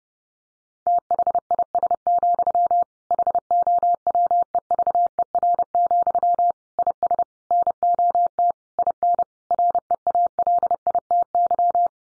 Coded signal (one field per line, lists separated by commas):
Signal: Morse code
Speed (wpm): 30 wpm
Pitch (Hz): 700 Hz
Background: none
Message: THIS, HOWEVER, IS NOT IN REALITY